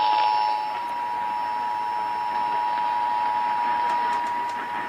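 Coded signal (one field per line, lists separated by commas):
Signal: Emergency Alert System (SAME) tones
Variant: 853 and 960 Hz attention tone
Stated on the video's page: Tennessee required monthly tests.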